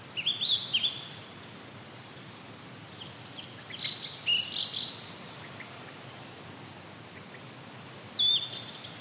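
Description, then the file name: Blue-and-white Flycatcher calls: high notes in three short bursts of quick twittering and sliding whistles, over steady background noise. "oruri"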